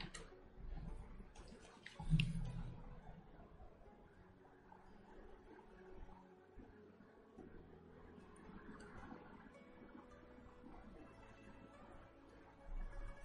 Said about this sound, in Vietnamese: Mưa mưa to quá rồi. Vừa nãy là có tiếng mưa đúng không? Có tiếng mưa đúng không mọi người? Ổn á. Mưa to lắm đấy, không phải nhỏ đâu.